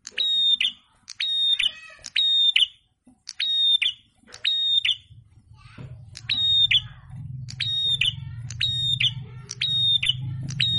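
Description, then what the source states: Prinia song of steady, level whistled notes with clicky onsets, repeated at short, irregular intervals; a low rumbling hum grows underneath during the second half. Red-headed prenjak in full song (gacor), masteran training recording; said to make rival birds answer.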